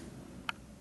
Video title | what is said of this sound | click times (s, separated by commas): Crossbow Reviews - Horton Storm, 10 Point Turbo, Bowtech Striker, Excalibur, Parker Thunder Hawk | you click and put the bow on to safety so all you do from this point on | 0.5 s